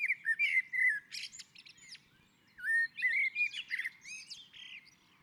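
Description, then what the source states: Common blackbird singing two fluted phrases, each mellow warble trailing into thin squeaky high notes, with a short quiet gap between them. On a roof.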